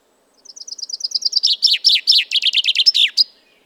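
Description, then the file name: Common chaffinch song: a quick series of high, evenly spaced notes growing louder into descending phrases, ending in a short flourish. "Fringilla coelebs"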